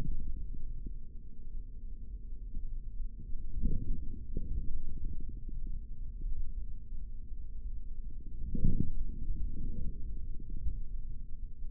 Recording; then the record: forearm muscle sounds (acoustic myography)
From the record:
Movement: forearm supination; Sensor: system 3, bracelet of six PUI Audio POM-2738L microphones around the upper forearm, with dedicated amplification and filtering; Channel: 3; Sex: male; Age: 25 years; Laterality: right